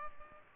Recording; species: mosquito wingbeat signal from an infrared sensor; Culex pipiens